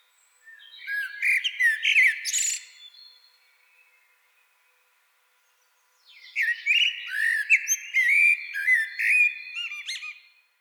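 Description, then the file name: Common blackbird song: two mellow fluted warbling phrases separated by a silent pause, each with thin, squeaky high twitters. "Turdus merula"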